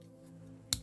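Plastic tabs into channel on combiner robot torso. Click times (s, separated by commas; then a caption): 0.7 s. Plastic tabs on a toy combiner robot are pushed fully into the channel on top of its torso until they seat. A single sharp click is heard at 0.7 s over a low steady hum, and the tabs are seated.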